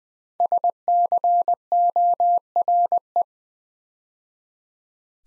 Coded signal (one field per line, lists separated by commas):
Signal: Morse code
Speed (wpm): 20 wpm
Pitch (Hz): 700 Hz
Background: none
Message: SCORE